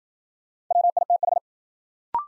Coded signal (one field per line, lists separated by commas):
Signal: Morse code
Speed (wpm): 53 wpm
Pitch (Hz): 700 Hz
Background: none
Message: WITH